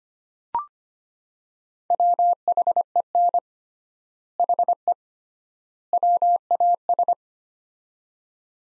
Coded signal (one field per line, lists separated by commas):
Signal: Morse code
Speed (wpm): 25 wpm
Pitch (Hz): 700 Hz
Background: none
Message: WHEN HE WAS